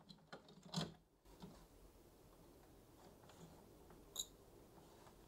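A color ink cartridge is slid into the carriage of a Canon Pixma TS6420a inkjet printer and pressed down until it locks. Soft handling rustles and taps come in the first second, then a quiet, sharp click at 4.2 s as the cartridge seats home.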